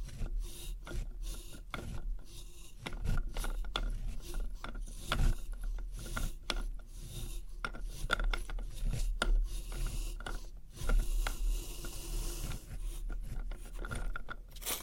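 Test tubes handled in quick, uneven bursts of scratching and rubbing, with frequent sharp clicks and taps scattered throughout. The rasping texture stays dense and bright for the full fifteen seconds, with louder strokes near five and eleven seconds over a faint, steady low hum.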